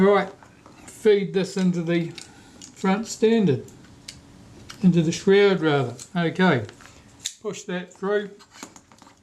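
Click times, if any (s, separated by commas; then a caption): none. Someone talks while reassembling a Retina IIC folding camera, feeding the metal front standard into the shroud of the folding camera body and pushing it through. Brief, faint handling taps are heard around 4.1 s, 4.7 s and near the end. Nothing has seated or clicked into place yet.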